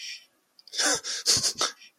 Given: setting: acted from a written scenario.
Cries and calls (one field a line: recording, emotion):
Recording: vocal sound without words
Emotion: amusement